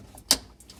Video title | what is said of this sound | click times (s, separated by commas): Flow Motion Activated Single Handle Pull Down Kitchen Faucet - Replacement or Installation | Okay, you heard that click, right? So this wire is also done. | 0.3 s